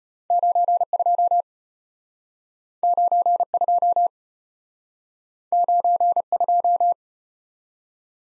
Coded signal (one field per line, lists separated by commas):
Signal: Morse code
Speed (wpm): 32 wpm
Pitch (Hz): 700 Hz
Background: none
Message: 92 92 92